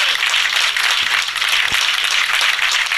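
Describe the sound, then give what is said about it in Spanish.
Sustained audience applause following an emphatic speech by José Schulman of the Liga Argentina por los Derechos del Hombre: a dense, steady wash of many hands clapping at once, loud and even for the whole stretch with no voices standing out. “Y por eso tantos aplausos sostenidos.”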